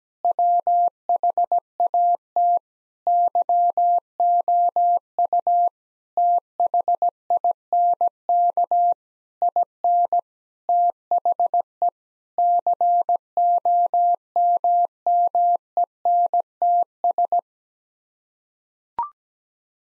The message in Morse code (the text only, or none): WHAT YOU THINK IN THE COMMENTS